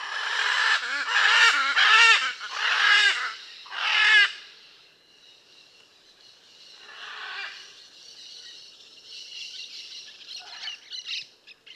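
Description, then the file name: Blue-and-yellow macaw shrieking: a rapid burst of loud, harsh squawks over four seconds, followed by softer, scratchy calls. "Blue and yellow Macaw Ara ararauna"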